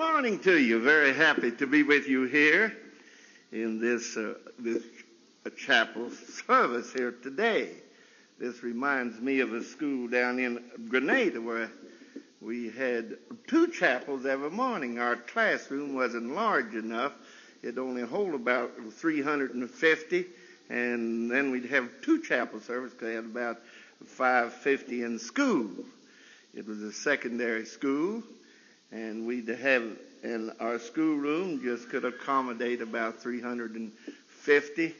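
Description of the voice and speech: A man preaches a sermon at a measured pace with a medium-low voice. There is a repeated word ('this, this') and stretched sounds. Brief stalls come just before number words starting with 'th' and 'f', fitting mild, well-managed stuttering.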